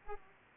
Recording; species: mosquito wingbeat signal from an infrared sensor; Aedes aegypti